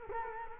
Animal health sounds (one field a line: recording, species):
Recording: mosquito wingbeat signal from an infrared sensor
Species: Culex quinquefasciatus